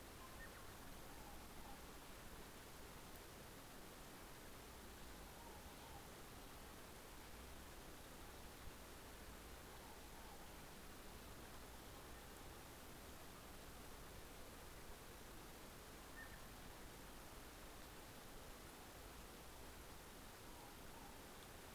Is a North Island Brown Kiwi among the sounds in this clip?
no